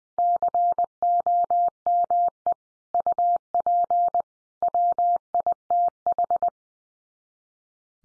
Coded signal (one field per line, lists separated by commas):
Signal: Morse code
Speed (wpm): 20 wpm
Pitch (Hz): 700 Hz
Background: none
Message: COME UP WITH